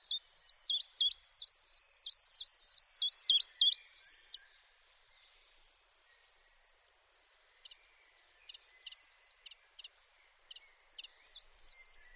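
Common chiffchaff song: quick alternating high and lower notes for four seconds, then near silence with soft scattered ticks before the song restarts briefly.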